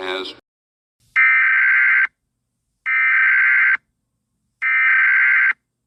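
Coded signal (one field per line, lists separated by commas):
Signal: Emergency Alert System (SAME) tones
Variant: header bursts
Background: speech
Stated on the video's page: Mock (simulated) tribute alert, a remake made for entertainment; the real EAS was not used.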